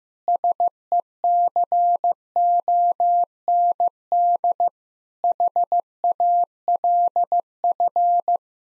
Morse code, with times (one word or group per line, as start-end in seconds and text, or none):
0.3-4.7 SECOND
5.2-8.4 HALF